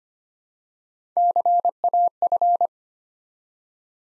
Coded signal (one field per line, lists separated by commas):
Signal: Morse code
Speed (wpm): 25 wpm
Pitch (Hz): 700 Hz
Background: none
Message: CAF